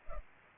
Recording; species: mosquito wingbeat signal from an infrared sensor; Culex pipiens